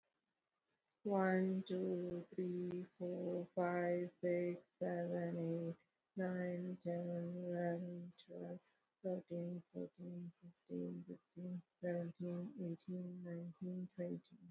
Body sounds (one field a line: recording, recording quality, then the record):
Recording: counting at a normal pace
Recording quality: excellent, no background noise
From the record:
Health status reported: recovered from COVID-19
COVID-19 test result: positive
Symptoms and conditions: cough, fever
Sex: female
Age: 54 years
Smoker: not ticked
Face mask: not worn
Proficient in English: yes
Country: India